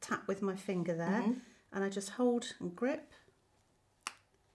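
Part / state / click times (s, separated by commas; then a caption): top of a cosmetic ampoule vial / released / 4.1 s. Someone talks while tapping the top of a small cosmetic ampoule vial with a finger, then holding and gripping it. A sharp snap at 4.1 s marks the vial top snapping off so it can be twisted away.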